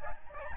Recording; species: mosquito wingbeat signal from an infrared sensor; Aedes albopictus